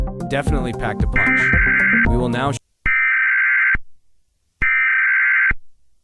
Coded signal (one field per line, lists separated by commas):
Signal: Emergency Alert System (SAME) tones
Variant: header bursts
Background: speech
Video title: (EAS Scenario) Canada Civil War: Oakville vs. Canada